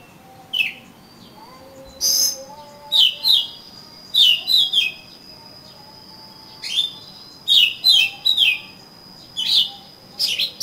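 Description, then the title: Oriental magpie-robin song: short bursts of sweet, slurred whistles and chirps repeated at irregular intervals, with a thin steady high tone in the background. "Kacer Kacer"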